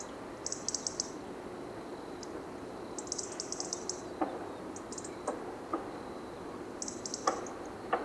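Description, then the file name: European robin uttering rapid high tick series and single ticks, with several sharp lower knocks or clicks scattered through and a soft noisy background. "Erithacus rubecula"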